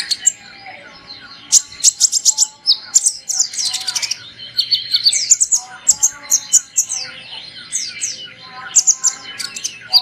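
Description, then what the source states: Sunbird calls: dense clusters of thin, high chirps and quick trills, broken by short pauses, over faint lower whistled tones. Lure sound used to attract birds.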